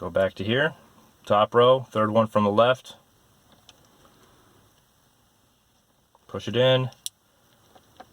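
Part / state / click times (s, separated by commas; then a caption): wire pin terminal into car wiring harness connector / seated / 8.0 s. Someone talks while the pin terminal of a black ground wire is pushed into the third slot from the left on the top row of a plastic factory wiring harness connector, part of wiring a Ford Excursion's factory DVD player to an aftermarket head unit. After a quiet stretch with a faint tick near 3.7 s, a short, sharp click at 8.0 s marks the terminal seating in the connector.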